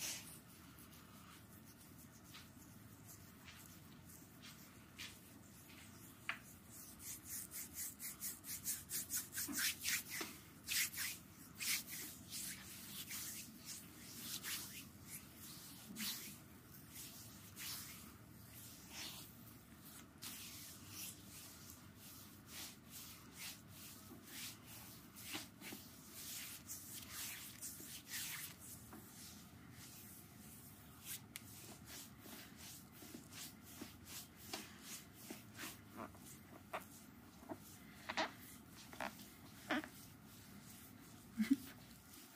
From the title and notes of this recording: ASMR Tingle Foot Massage with lotion.